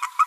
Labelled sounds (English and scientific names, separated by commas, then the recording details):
Green-rumped Parrotlet (Forpus passerinus) babbling
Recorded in a nest box in Venezuela
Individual 18B25A5